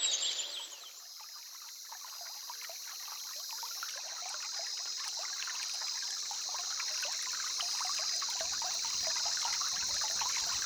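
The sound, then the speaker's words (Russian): A small river trickles and gurgles steadily, a soft bubbling wash of water, while a continuous high-pitched chirring hums over it throughout: the song of a bird, the river warbler, called the 'river cricket'. No one speaks. “А вот здесь, у небольшой речушки, давай остановимся.”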